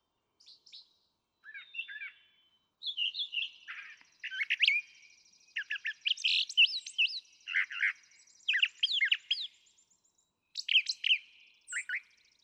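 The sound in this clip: Brown Thrasher song starting with sparse notes then building into a steady string of varied chips and whistled phrases.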